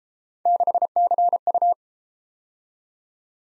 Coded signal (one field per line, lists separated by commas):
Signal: Morse code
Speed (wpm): 33 wpm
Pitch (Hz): 700 Hz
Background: none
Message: 6CU